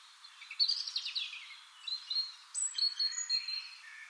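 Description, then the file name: European robin song: fairly quiet phrases of high, sweet warbling and thin drawn-out whistles against a faint hiss. "Erithacus rubecula"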